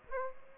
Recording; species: mosquito wingbeat signal from an infrared sensor; Aedes aegypti